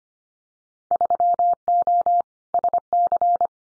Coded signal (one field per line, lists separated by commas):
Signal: Morse code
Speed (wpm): 25 wpm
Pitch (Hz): 700 Hz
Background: none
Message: 3O SC